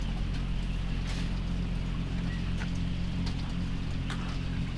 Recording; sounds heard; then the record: poultry house recording; sick chickens (respiratory disease)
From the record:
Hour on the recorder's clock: 4